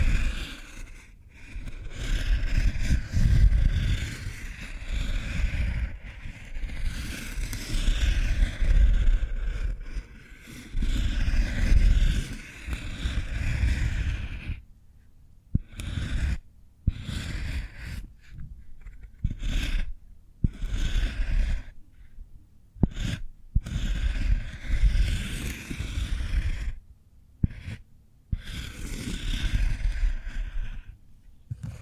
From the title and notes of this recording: ASMR Cork Triggers. (No Talking).